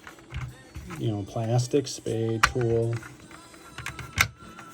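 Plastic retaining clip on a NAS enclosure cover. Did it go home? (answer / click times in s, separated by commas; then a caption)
released / 4.2 s. Someone talks while a plastic pry tool works along the cover of a Synology DS2415+ NAS enclosure. A sharp, bright click at 4.2 s is another plastic retaining clip snapping open. The clip has released.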